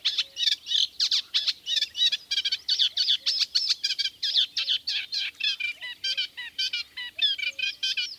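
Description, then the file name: Eurasian reed warbler song of rhythmic, harsh chattering phrases with repeated grating notes; a few faint low notes sound underneath. "Kleinekarekiet"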